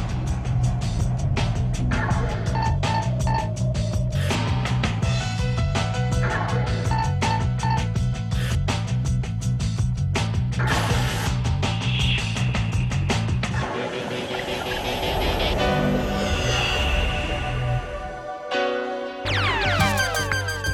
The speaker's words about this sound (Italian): Avrete riconosciuto la sigla di un programma di grande successo che va in onda in prima serata ogni domenica sera su Rai 3